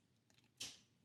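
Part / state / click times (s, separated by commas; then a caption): figure back plate notch into side groove of transforming action figure / seated / 0.6 s. An angled notch on a plastic piece of a 52Toys Beastbox IB-13 Alien Xenomorph transforming action figure is slid up and over into a groove on the side of the back plate pieces. A few faint ticks are followed by one sharp, bright snap at 0.6 s that fades over about a quarter second. The notch is seated, snapped into place in the groove.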